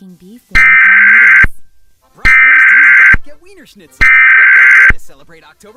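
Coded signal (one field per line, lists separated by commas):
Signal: Emergency Alert System (SAME) tones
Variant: header bursts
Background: speech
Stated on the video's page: Fictional EAS scenario about terrorist attacks, not a real alert.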